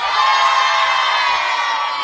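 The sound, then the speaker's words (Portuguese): A crowd of kids, an audience in a full house, cheers and shouts together in a loud, sustained, high-pitched roar of overlapping voices that holds steady for about two seconds. “Essa gurizada, tem uma plateia bonita aqui, uma gurizada saudável. Faz barulho no caldeirão!”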